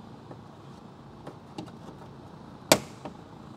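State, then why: Released. A flathead screwdriver is wedged under a plastic retaining clip in the front bumper cover of a 2020–2022 Toyota Corolla and twisted to pry it out. Faint ticks come at about 1.6 s and 3.1 s, and a sharp, bright click at 2.7 s is the clip popping out. The clip is released from the bumper cover.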